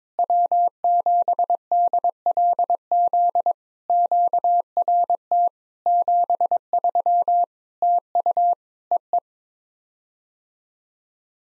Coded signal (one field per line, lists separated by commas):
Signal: Morse code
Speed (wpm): 22 wpm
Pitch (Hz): 700 Hz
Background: none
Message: W7DLZ QRT 73 TU EE